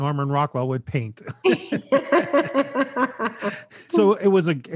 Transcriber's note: laughter